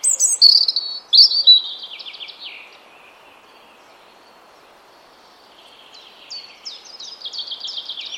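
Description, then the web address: European robin song, high sweet notes sliding into a descending trill, a pause of several seconds, then a new rapid series of falling notes. "cianscape birddata Deverinetal 2025 Bird Only Er Ru"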